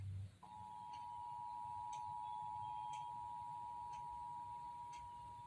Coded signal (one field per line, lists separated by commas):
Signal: Emergency Alert System (SAME) tones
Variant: 853 and 960 Hz attention tone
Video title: EAS #423: Required Monthly Test - Indiana (5/19/2022) (WXIN)